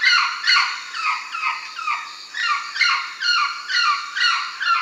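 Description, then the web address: Common woolly monkey giving repeated descending, whimpering harmonic calls, slightly faster than two per second, loud and steady throughout. Primate of the South American rainforest. "Nature Songs S America Primates of the Rainforest Common woolly monkey"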